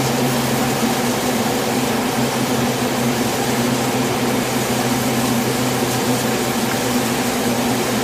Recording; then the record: honeybee colony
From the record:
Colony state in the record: swarm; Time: day